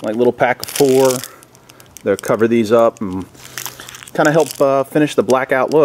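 Someone talks while handling a black ABS plastic cover cap with built-in ridges, meant to be pressed over a silver handlebar riser bolt on a Harley Fat Bob motorcycle. Brief crinkling, crackling sounds come between 3.6 and 4.0 seconds. The clip ends before the cap goes home, so nothing has seated or clicked yet.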